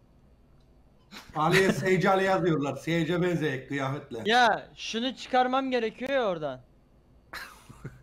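A cable connector is being pulled by hand to unplug it from a PlayStation 3 Slim game console, but it does not come out, and nothing has released or clicked yet. A man talks for most of the clip, and a short burst of coughing follows near 7.3 s.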